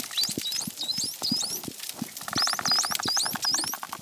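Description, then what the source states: Bottlenose dolphins exchanging whistles, several upward-sweeping tones mixed with dense clicking and pulsed buzzes throughout. Three males in Western Australia exchanging whistles; each whistle identifies the caller and signals its presence, used between weakly bonded males to keep alliances intact at a distance.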